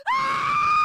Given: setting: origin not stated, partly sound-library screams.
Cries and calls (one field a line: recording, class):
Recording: one-second piece from a danger detection set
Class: woman in danger